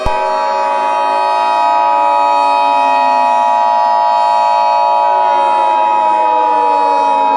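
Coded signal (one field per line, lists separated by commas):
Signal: Emergency Alert System (SAME) tones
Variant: 853 and 960 Hz attention tone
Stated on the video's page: Fictional EAS scenario, simulated tones.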